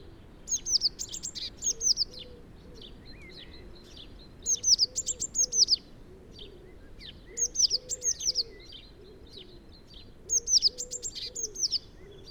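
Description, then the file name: Eurasian blue tit: four bursts of high, thin down-slurred notes, roughly every three seconds, with quieter low notes beneath each burst. "Cyanistes caeruleus"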